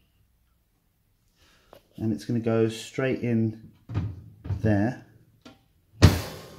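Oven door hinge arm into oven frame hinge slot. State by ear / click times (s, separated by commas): seated / 5.5 s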